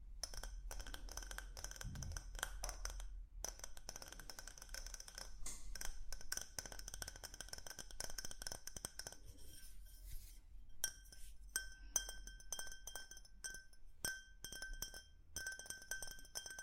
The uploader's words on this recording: Ear To Ear Relaxing Tapping on Different Objects（No Talking）.